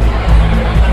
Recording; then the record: background sound without coughing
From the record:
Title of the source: Party Noise 1 Hour Party Ambience